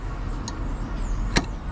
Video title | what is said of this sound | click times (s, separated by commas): 2020 Honda Accord lift hood struts | okay that should be enough now we're gonna put this in it should just snap right into place | 1.4 s